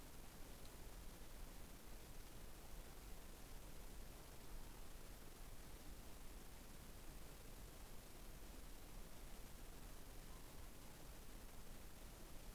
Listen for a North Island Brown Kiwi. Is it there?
no